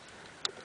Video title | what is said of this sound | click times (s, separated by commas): Volvo V50 Transmission Part 3 | make sure you hear a click to make sure it's connected | 0.4 s